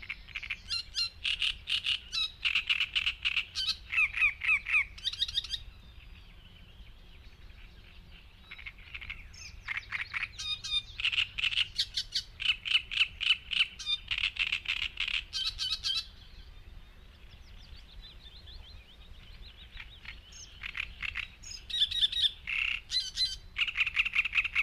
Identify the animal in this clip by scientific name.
Acrocephalus arundinaceus